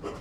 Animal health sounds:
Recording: pig call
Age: growing-finishing pig (85 days or more)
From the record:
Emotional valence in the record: positive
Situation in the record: run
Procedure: transit

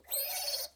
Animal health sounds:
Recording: pig call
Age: piglet (1 to 25 days)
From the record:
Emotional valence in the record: negative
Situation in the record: restrain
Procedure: back test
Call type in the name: high-frequency call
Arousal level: maximum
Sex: female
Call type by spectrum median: high-frequency call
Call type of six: high-frequency stable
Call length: 0.76 s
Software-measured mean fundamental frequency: 542 Hz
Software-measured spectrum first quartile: 3954 Hz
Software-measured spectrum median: 7950 Hz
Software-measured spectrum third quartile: 11809 Hz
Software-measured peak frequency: 4297 Hz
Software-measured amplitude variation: 156 dB a second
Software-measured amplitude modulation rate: 17.2 a second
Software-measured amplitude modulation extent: 9.1 dB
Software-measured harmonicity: 4.2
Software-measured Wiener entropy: -2.31

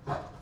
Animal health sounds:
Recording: pig call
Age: growing-finishing pig (85 days or more)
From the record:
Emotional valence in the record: positive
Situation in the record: run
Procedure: transit

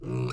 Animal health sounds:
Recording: pig call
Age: weaner (32 to 43 days)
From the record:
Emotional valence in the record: negative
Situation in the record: novel object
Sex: female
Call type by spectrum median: low-frequency call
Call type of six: mixed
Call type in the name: high-frequency modulated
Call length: 0.32 s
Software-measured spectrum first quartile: 130 Hz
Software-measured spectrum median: 274 Hz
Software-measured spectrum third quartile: 617 Hz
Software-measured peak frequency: 355 Hz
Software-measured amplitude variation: 76 dB a second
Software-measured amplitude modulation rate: 28.0 a second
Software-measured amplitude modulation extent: 2.7 dB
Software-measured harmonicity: -2.4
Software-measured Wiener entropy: -0.53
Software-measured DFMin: 1196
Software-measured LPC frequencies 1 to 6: 314, 1265, 2501, 3896, 4600, 5397 Hz

